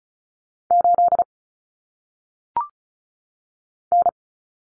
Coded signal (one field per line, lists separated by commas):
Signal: Morse code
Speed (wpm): 36 wpm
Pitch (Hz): 700 Hz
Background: none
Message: 8 N